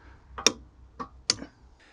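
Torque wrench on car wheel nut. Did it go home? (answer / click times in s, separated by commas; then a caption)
yes / 1.3 s. A torque wrench, set to the required torque, tightens a wheel nut on a spare car wheel. A few sharp ticks sound around 0.4–0.5 s and 1.0 s, then a loud, sharp click at 1.3 s shows the wrench has reached its setting.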